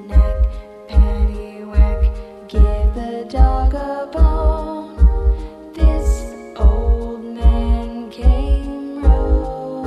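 Steady, regular low adult heartbeat thumps at about 74 a minute under gentle tonal music.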